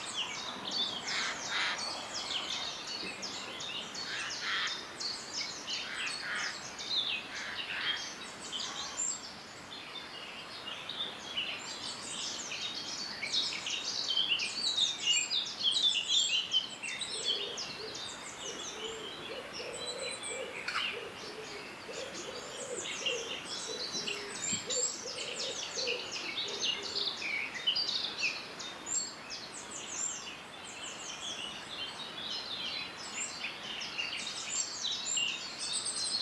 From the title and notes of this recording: Radio Birdsong from Snowdonia, North Wales. High above the Aberglaslyn Pass.